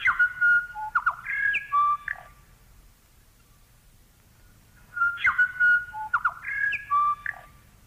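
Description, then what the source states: New Zealand bellbird song: two matching phrases of clear, bell-like whistled notes with quick slurs and steps, separated by a few seconds of near silence. Used as a shortwave radio interval signal; part of the New Zealand dawn chorus; song likened to small, exquisitely tuned bells.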